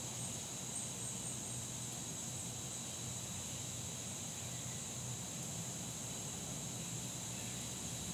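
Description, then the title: Insects humming in a steady high-pitched drone that holds without pause, over a low background rumble. Fall day that felt like late summer; insects droning like the heat in a neighborhood. "Soundcast: Insects and Acorns"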